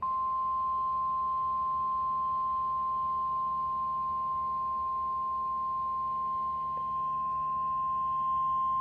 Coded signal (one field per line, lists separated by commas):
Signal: Emergency Alert System (SAME) tones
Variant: 1050 Hz attention tone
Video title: Severe Thunderstorm Watch (EAS #6)